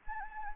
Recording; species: mosquito wingbeat signal from an infrared sensor; Anopheles gambiae